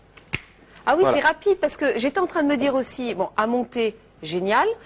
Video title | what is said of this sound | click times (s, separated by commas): Présentation des casiers à bouteilles Drinkcase | et après vous serrez comme ça un petit clic tout simplement | 0.2 s, 0.3 s